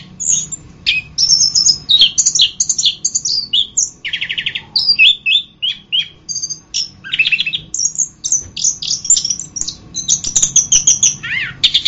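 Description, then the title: Orange-headed thrush song: a rapid, continuous run of varied high whistles, trills and chirps with sweeping notes and short buzzy bursts, barely pausing throughout. "anis kembang"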